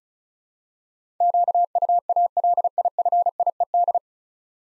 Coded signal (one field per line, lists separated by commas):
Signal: Morse code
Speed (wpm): 36 wpm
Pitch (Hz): 700 Hz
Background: none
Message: QUALIFIED